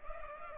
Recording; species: mosquito wingbeat signal from an infrared sensor; Culex pipiens